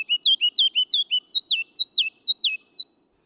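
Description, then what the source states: Ruby-crowned Kinglet song: a quick run of many high, clear slurred notes, climbing a little in pitch toward the end before stopping abruptly. Male singing his spring song in the lowlands; raises his narrow crimson crest when singing.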